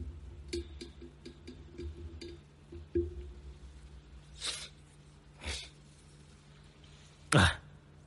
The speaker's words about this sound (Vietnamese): tự nhiên lại bị hắt xì ngạt mũi